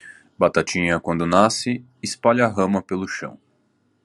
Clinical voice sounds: short text; Brazilian Portuguese; male; 30 to 39 years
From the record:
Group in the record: control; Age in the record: 38 years

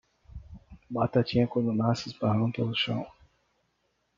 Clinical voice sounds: short text; Brazilian Portuguese; male; 20 to 29 years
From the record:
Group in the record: control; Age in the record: 23 years

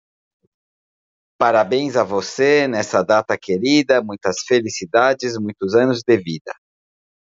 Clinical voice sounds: short text; Brazilian Portuguese; male; 50 to 59 years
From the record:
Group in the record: control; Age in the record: 55 years

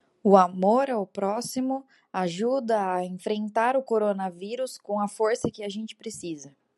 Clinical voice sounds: spoken sentence; Brazilian Portuguese; female; 20 to 29 years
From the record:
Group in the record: control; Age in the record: 29 years

